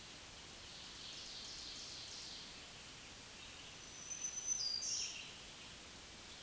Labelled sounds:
Black-throated Green Warbler (Setophaga virens) song
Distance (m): 15 m
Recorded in a Pennsylvania forest on 1 June 2023 at 07:18
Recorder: AudioMoth, point grid3_26_high
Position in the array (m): 151 m, 30 m

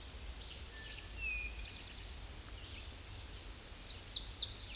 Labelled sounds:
Hooded Warbler (Setophaga citrina) song
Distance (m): 25 m
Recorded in a Pennsylvania forest on 18 May 2023 at 08:48
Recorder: AudioMoth, point grid1_12_low
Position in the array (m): 157 m, 131 m

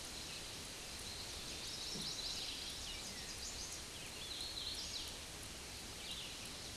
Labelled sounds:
Hooded Warbler (Setophaga citrina) song
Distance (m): 65 m
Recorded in a Pennsylvania forest on 18 May 2023 at 09:31
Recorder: AudioMoth, point grid1_16_low
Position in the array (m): 176 m, 150 m

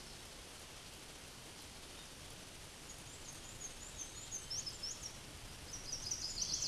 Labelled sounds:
Black-and-white Warbler (Mniotilta varia) song
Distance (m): 55 m
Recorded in a Pennsylvania forest on 18 May 2023 at 13:59
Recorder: AudioMoth, point grid1_27_low
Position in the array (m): 90 m, 92 m

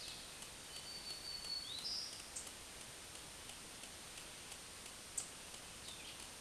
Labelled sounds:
Black-throated Green Warbler (Setophaga virens) song
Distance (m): 45 m
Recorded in a Pennsylvania forest on 1 June 2023 at 07:59
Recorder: AudioMoth, point grid3_41_high
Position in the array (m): 141 m, 275 m

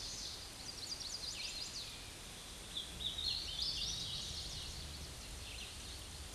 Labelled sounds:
Hooded Warbler (Setophaga citrina) song
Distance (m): 30 m
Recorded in a Pennsylvania forest on 18 May 2023 at 12:59
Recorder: AudioMoth, point grid1_12_low
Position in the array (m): 149 m, 123 m

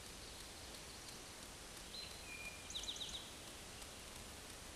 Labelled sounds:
Eastern Towhee (Pipilo erythrophthalmus) song
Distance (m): 70 m
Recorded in a Pennsylvania forest on 17 May 2023 at 13:15
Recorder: AudioMoth, point grid1_35_low
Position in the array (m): 120 m, 84 m

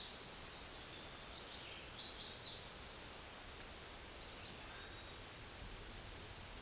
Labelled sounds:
Chestnut-sided Warbler (Setophaga pensylvanica) song
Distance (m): 30 m
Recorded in a Pennsylvania forest on 17 May 2023 at 11:41
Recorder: AudioMoth, point grid1_41_low
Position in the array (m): 112 m, 209 m

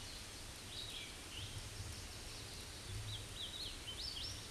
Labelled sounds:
Hooded Warbler (Setophaga citrina) song
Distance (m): 75 m
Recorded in a Pennsylvania forest on 18 May 2023 at 08:14
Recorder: AudioMoth, point grid1_30_low
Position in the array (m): 171 m, 149 m

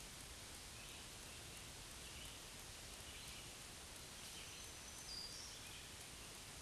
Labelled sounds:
Black-throated Green Warbler (Setophaga virens) song
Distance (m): 50 m
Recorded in a Pennsylvania forest on 1 June 2023 at 07:01
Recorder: AudioMoth, point grid3_12_low
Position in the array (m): 220 m, 141 m

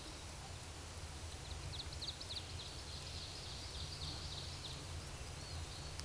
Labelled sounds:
Ovenbird (Seiurus aurocapilla) song
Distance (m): 105 m
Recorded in a Pennsylvania forest on 17 May 2023 at 12:48
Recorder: AudioMoth, point grid1_18_low
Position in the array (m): 183 m, 74 m

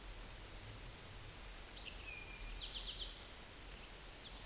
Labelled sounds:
Eastern Towhee (Pipilo erythrophthalmus) song
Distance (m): 50 m
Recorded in a Pennsylvania forest on 17 May 2023 at 13:16
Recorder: AudioMoth, point grid1_13_low
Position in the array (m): 120 m, 85 m

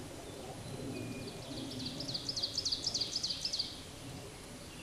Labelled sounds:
Ovenbird (Seiurus aurocapilla) song
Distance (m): 40 m
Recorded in a Pennsylvania forest on 17 May 2023 at 13:24
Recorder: AudioMoth, point grid1_30_low
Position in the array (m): 148 m, 63 m

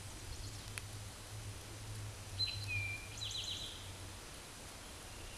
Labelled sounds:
Eastern Towhee (Pipilo erythrophthalmus) song
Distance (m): 30 m
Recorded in a Pennsylvania forest on 17 May 2023 at 13:14
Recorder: AudioMoth, point grid1_31_low
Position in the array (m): 119 m, 84 m

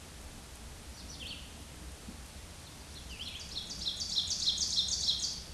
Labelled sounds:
Ovenbird (Seiurus aurocapilla) song
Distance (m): 25 m
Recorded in a Pennsylvania forest on 17 May 2023 at 14:04
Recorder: AudioMoth, point grid1_6_low
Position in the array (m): 212 m, 27 m

